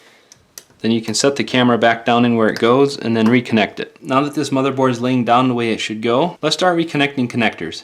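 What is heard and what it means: The camera flex connector on a Galaxy S7 smartphone logic board is carefully pried up off its board socket, coming loose with a sharp tick at 0.6 s after a fainter tick at 0.3 s. Someone then talks for the rest of the clip.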